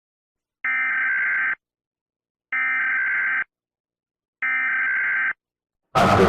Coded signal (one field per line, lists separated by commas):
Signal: Emergency Alert System (SAME) tones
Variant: header bursts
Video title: 1973 costa rica eas alarm